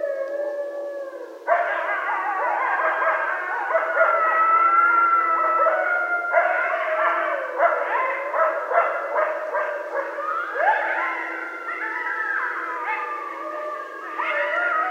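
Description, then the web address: Coyotes in a howling chorus: several overlapping wavering howls mixed with rapid high yips and barks. Several coyotes at night on 12 November 2012. "Coyote 2012 11 12 Coyotes"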